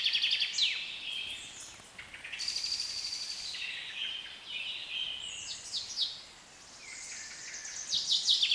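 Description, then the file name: Birds singing together, a tangle of quick high trills, sharp chips and thin whistled phrases that overlap. British birds. "Birds Atmosphere - Nature Sounds - British Birds"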